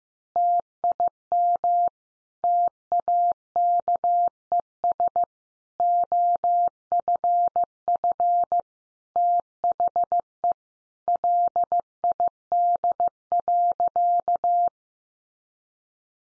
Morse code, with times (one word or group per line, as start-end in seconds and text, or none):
0.4-1.9 TIM
2.4-5.2 TAKES
5.8-8.6 OFF
9.2-10.5 THE
11.1-14.7 LID.